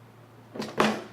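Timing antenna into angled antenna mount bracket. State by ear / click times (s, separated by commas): seated / 0.8 s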